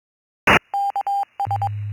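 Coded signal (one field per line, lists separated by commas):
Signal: Morse code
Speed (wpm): 22 wpm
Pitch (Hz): 800 Hz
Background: none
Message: K S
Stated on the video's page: Received by a shortwave listener during a net.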